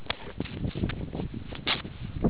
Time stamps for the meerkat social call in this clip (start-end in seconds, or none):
none